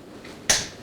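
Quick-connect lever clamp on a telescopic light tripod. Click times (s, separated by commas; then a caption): 0.2 s, 0.5 s. Two flip-lock quick-connect lever clamps on the telescopic light tripod of a Craftsman 9,000-lumen flood light are snapped shut by hand, with no twisting needed to tighten. A soft click comes at 0.3 s, then a much louder, sharp click at 0.5 s that trails off. Both clamps click closed and seat in place.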